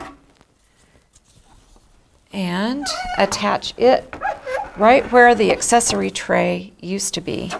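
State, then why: Not seated. The embroidery arm unit of a Husqvarna Viking Jade 35 sewing machine is moved into position beside the machine, before being slid onto the free arm where the accessory tray used to be, with only faint handling ticks at about 0.4 s and 1.2 s in the quiet first two seconds. From about 2.3 s someone talks for the rest of the clip. The unit has not been attached yet, and nothing has clicked.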